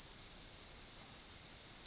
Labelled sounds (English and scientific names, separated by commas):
Yellowhammer (Emberiza citrinella) song